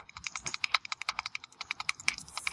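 Rapid, uneven clatter of keyboard keys being pressed, roughly two dozen sharp, bright clicks in quick succession, fairly quiet and with no voices.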